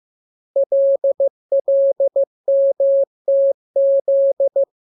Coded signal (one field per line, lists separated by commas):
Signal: Morse code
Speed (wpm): 15 wpm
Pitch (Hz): 550 Hz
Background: none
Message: LLMTZ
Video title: Learning Morse Code. Lesson 16. Letter KMURESNAPTLWI.JZ=